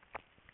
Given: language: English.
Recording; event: throat vibration sensor signal played as sound; swallow